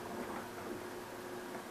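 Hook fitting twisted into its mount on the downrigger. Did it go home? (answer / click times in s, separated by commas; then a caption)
no / none. While a Cannon Mag 10 STX downrigger is being set up, its hook fitting is lined up straight and twisted into its mount to lock it into place. Only a steady, low background hiss with a faint hum is heard, with no sharp sounds. Nothing has seated or clicked yet.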